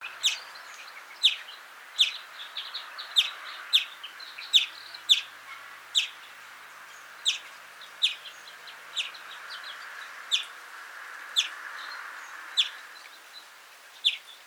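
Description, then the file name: European greenfinch calls: short, sharp chirped notes repeated roughly once a second at irregular intervals, over a faint steady background hiss. "Chloris chloris"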